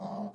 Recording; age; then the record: pig call; piglet (1 to 25 days)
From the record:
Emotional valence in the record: negative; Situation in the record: long isolation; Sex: male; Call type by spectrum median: low-frequency call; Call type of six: low-frequency modulated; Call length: 0.35 s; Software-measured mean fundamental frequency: 68 Hz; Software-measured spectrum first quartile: 204 Hz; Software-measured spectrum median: 426 Hz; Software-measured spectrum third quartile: 722 Hz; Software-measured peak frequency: 198 Hz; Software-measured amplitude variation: 125 dB a second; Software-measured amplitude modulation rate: 14.2 a second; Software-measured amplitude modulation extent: 8.8 dB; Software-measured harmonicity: 4.5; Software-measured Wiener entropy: -0.31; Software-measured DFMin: 957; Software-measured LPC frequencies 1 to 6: 703, 4014, 4801, 6466, 7838, 9746 Hz